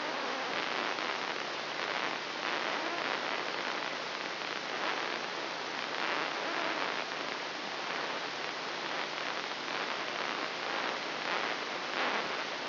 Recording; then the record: brain microelectrode recording played as sound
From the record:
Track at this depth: inside the subthalamic nucleus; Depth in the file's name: 2.709 mm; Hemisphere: left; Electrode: 3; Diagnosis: Parkinson's disease